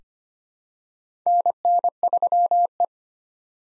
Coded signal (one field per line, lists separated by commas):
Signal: Morse code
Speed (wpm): 25 wpm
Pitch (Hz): 700 Hz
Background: none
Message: NN3E